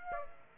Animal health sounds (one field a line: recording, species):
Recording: mosquito wingbeat signal from an infrared sensor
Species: Aedes aegypti